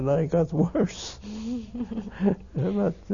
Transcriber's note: he laughs